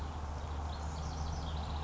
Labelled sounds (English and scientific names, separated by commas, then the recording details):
House Wren (Troglodytes aedon)
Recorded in Sonoma County, California